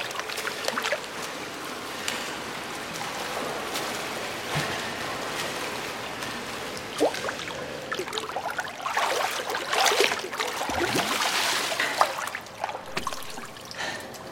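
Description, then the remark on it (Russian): Continuous sloshing, churning water with sharper splashes around the middle and later on, as a young woman and a young man swim in a pool and she does an underwater somersault and swims back. The noise is steady and fairly loud, with no voices. “Девушка делает под водой сальто, плывет назад.”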